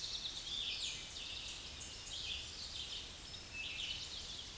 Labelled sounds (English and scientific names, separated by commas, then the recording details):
Red-eyed Vireo (Vireo olivaceus) song
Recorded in a Pennsylvania forest on 16 May 2024 at 07:41
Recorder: AudioMoth, point MSD-2391
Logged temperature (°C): 15.0 °C
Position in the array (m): 142 m, 43 m